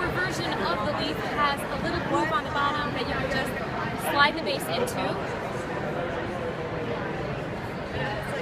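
Someone talks while the base of a Nuna Wind swing motor accessory is lined up with the glide slot on the bottom of a 2016 Nuna Leaf bouncer frame, ready to be slid in. Background chatter continues throughout, and nothing has seated or clicked yet.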